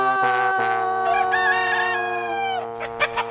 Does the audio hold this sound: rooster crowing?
yes